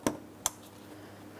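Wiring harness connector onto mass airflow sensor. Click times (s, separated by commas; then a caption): 0.5 s. A plastic wiring harness electrical connector is lined up and pressed onto the mass airflow sensor of a 2003-2007 Cadillac CTS. A short sharp tap at about 0.1 s is followed by the connector's crisp latching click at 0.5 s, then a low steady hum. The connector is confirmed seated and is given a light tug.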